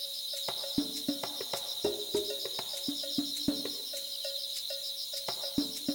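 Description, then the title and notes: Insect chorus with a steady high drone and fast pulsing trill, overlaid by irregular lower tonal knocks and clicks. Thousands of insects together. "thousands of insects. miduno"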